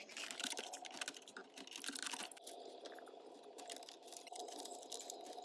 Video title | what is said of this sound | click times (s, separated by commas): How to Replace a 2004 Nissan Titan Climate Control Module | they all snap in place so you know that they're in properly. | 0.3 s, 0.4 s, 1.0 s, 1.9 s